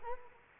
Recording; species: mosquito wingbeat signal from an infrared sensor; Culex quinquefasciatus